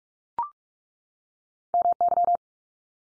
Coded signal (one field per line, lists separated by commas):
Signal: Morse code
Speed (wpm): 44 wpm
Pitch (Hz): 700 Hz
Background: none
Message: MY